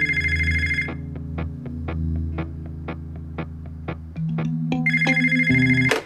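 A telephone rings with a bright, buzzy electronic tone at the start and again at the end, separated by a run of evenly spaced clicks over a steady low hum.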